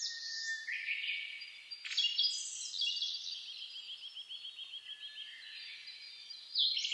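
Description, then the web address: Birds singing at dawn, a long buzzy rattling trill running for several seconds amid other high whistles and chirps. Dawn chorus (reimei) recorded 10 May 2010. "reimei -saezuri-20100510"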